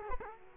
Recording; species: mosquito wingbeat signal from an infrared sensor; Culex quinquefasciatus